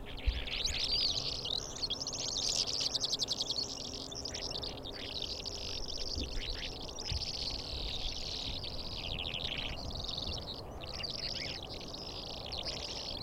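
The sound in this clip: Calandra lark song, a fast stream of buzzy trills and twittered notes running continuously, mixed with a soft low hum in the background.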